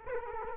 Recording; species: mosquito wingbeat signal from an infrared sensor; Culex quinquefasciatus